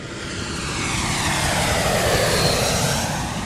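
A steady, loud airplane engine roar with a broad rushing hiss and low rumble, swelling slightly then holding level throughout, with no voices.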